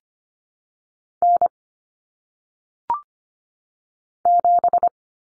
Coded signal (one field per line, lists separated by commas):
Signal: Morse code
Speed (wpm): 25 wpm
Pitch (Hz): 700 Hz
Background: none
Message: N 7